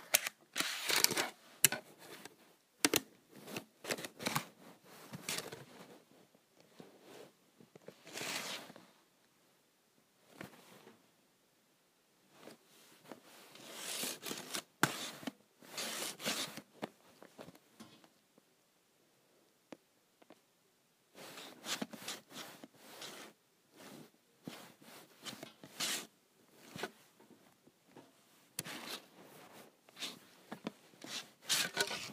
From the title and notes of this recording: ASMR Scratching my Calculator.